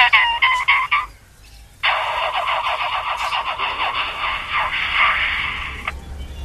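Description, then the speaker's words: Lyrebird mimicry: a few short tonal calls, a gap, then a long buzzing, grinding rattle like a machine, pulsing unevenly, then a click. Chuck, a hand-reared male at Adelaide Zoo, mimicking chainsaws, camera shutters and machinery; some learned in the wild or at Healesville, most from local sounds. "Chuck has definitely done chainsaws. Camera shutters were a big one, and of later times, machinery."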